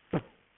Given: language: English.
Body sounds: throat vibration sensor signal played as sound; cough

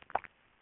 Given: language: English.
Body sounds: throat vibration sensor signal played as sound; swallow

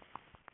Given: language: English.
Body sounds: throat vibration sensor signal played as sound; swallow

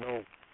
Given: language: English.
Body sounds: throat vibration sensor signal played as sound; speech

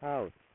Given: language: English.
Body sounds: throat vibration sensor signal played as sound; speech

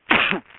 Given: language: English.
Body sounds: throat vibration sensor signal played as sound; cough

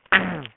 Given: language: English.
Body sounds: throat vibration sensor signal played as sound; throat clearing

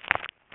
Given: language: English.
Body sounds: throat vibration sensor signal played as sound; swallow

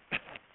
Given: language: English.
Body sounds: throat vibration sensor signal played as sound; cough

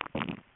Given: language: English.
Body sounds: throat vibration sensor signal played as sound; swallow

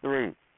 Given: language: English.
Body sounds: throat vibration sensor signal played as sound; speech

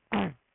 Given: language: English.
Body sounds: throat vibration sensor signal played as sound; throat clearing

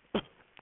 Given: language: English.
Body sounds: throat vibration sensor signal played as sound; cough

